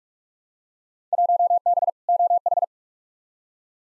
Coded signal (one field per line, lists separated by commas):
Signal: Morse code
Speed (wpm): 46 wpm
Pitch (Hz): 700 Hz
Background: none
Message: 1B OH